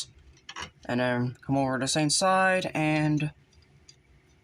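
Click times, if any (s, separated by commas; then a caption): none. A plastic add-on kit piece is handled on the same side of a Transformers Studio Series 44BB rerelease Dark of the Moon Leader Class Optimus Prime action figure, ready to be pressed on. Someone talks over light handling ticks, with small plastic clicks near 0.5 s and 3.9 s. Nothing has seated or clicked yet; the piece is not home by the end.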